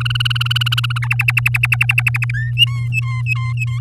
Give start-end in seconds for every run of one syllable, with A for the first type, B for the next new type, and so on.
0.00-0.98 A, 1.02-2.31 B, 2.34-2.52 C, 2.57-3.79 D